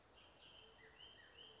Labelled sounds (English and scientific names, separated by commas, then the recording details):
Bullock's Oriole (Icterus bullockii)
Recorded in Sonoma County, California